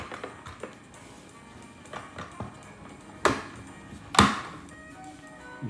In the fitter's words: You hear that click? And it's locked in.